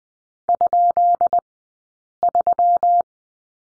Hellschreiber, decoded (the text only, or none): none